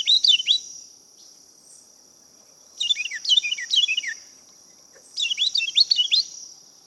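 Carolina wren delivering three short bursts of fast, complex rolling notes, each phrase repeated several times, with a steady high-pitched insect drone behind.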